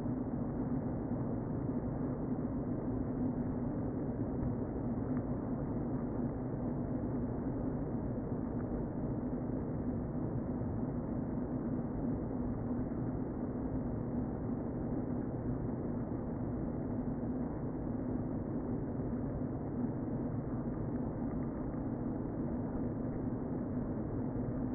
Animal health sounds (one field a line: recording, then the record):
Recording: honeybee colony, microphone inside the hive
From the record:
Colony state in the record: queen present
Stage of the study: before two queens were removed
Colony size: about 60,000 bees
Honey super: yes